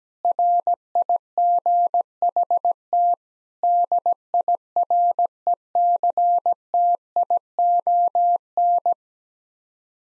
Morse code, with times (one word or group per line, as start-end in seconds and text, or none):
0.2-3.1 RIGHT
3.6-8.9 DIRECTION